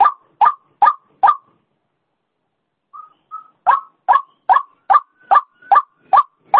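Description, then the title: White-breasted waterhen: four harsh notes, a silent gap, two short soft whistles, then the rasping series resumes at an even pace. Female call, used as a lure sound. "Suara Pikat Ruak Ruak Betina"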